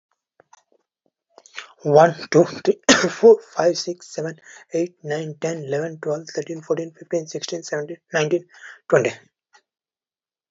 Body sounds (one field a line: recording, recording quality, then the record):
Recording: counting at a fast pace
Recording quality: excellent, no background noise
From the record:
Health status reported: healthy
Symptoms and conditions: cough, sore throat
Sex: male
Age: 26 years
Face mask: not worn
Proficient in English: yes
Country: India